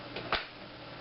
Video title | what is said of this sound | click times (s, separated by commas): DeWALT 20V MAX 1/4" Impact Driver (Product Review) | insert a bit just push it in until you hear it click and to | 0.3 s